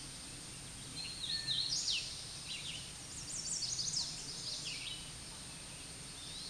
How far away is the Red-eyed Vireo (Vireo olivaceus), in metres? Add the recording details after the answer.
about 35 m. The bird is about 20 m above the microphone. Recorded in a Pennsylvania forest on 16 May 2024 at 08:34. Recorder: AudioMoth, point MSD-0398. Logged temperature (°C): 16.4 °C. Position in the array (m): 166 m, 71 m